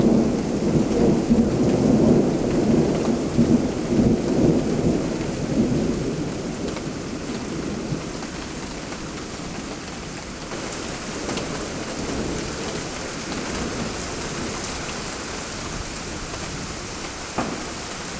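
A storm with a deep rolling thunder rumble that dominates the first six seconds, then slowly fades. Steady rain hisses throughout underneath, with a few sharp clicks and taps near the middle and again close to the end.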